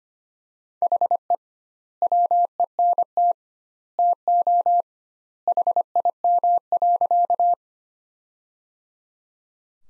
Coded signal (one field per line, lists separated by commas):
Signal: Morse code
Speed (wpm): 25 wpm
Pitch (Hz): 700 Hz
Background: none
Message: HE WENT TO HIM.